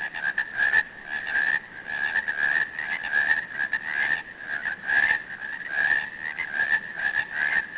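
Frogs calling: a dense chorus of overlapping mid-pitched rattling croaks, continuous with pulsing swells throughout.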